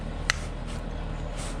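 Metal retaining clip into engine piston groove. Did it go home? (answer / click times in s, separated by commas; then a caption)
yes / 0.3 s. A small metal retaining clip, likely the wrist pin circlip on the piston of a small 73cc GIO engine, is worked into the piston groove with a pick tool. It snaps into place with a sharp click at 0.3 s, and the clip is seated.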